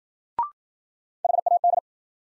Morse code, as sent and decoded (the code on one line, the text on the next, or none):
.... .- -..
HAD